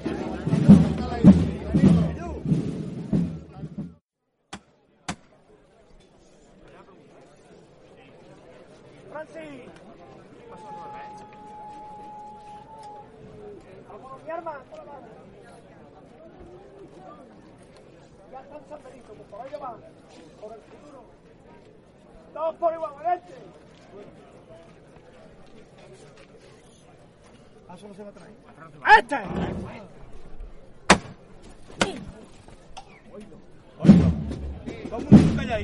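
Sounds from the passage of the María Santísima de Salud y Esperanza procession through the San Benito neighborhood. Voices talk loudly at the start and again at the end, with a quieter stretch between holding a low murmur, a brief whistle-like tone around eleven seconds, and a few sharp knocks near twenty-nine to thirty-two seconds.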